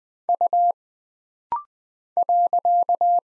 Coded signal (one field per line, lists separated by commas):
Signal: Morse code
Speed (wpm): 20 wpm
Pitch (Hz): 700 Hz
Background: none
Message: U .